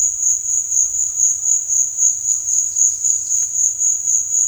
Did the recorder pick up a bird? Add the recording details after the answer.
yes. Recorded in dense forest near Puerto Asís, Putumayo, Colombia, on 18 December 2024 at 12:30. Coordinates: 0.481, -76.323. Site G100